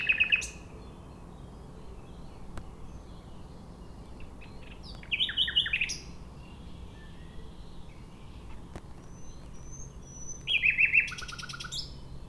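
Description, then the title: Nightingale song in three separate bursts of fast repeated notes, each lasting under a second, spaced about five seconds apart over a continuous low background hum. Singing in a bush between a railway line and the shore of Lac du Bourget, Entrelacs, France, unbothered by passing trains. "2 D991, Entrelacs, France - Rossignol ferroviaire"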